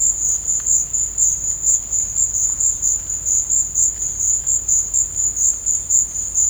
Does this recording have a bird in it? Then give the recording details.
no. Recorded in dense forest near Puerto Asís, Putumayo, Colombia, on 21 December 2024 at 13:30. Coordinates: 0.481, -76.323. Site G100